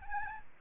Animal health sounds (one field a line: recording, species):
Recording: mosquito wingbeat signal from an infrared sensor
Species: Aedes albopictus